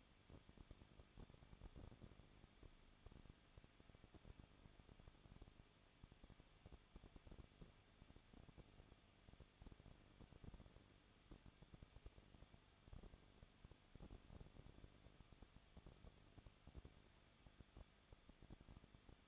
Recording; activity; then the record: daily activity, microphone in the room; no activity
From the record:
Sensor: 4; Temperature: 23.1 degrees Celsius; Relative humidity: 34.0%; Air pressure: 1007.2 hPa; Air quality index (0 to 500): 215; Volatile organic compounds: 15 ppm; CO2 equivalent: 2479 ppm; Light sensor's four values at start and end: 2/3/1/1 and 2/3/1/1